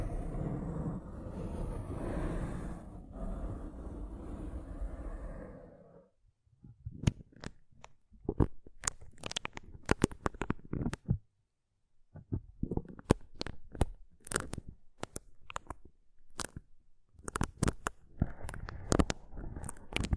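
Rough brain cleaning and picking, opening with about five seconds of dense, steady rumbling scraping. After a short pause come irregular wet crunches, tears and sharp picking clicks in quick clusters, broken by a near-silent gap around eleven seconds, then returning with a denser scraping burst near the end.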